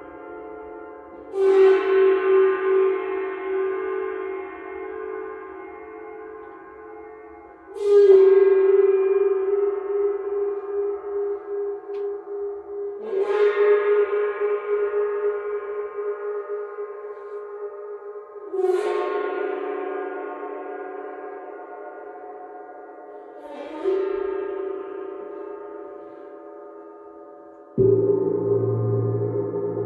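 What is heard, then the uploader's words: A gong is struck about every five to six seconds, each hit a sharp bright attack that blooms into a long shimmering, wavering ring. The tone sits in a mid register with beating overtones, and a lower, rougher strike comes near the end. Sidereal Moon Gong. The sound of the gong.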